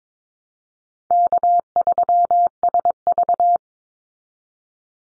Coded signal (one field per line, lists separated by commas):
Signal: Morse code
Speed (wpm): 22 wpm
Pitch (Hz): 700 Hz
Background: none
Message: K3SV